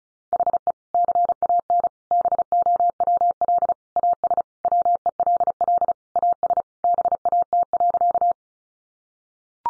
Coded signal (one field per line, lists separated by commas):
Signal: Morse code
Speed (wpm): 34 wpm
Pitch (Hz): 700 Hz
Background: none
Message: HE CAN BOWL AS WELL AS BAT.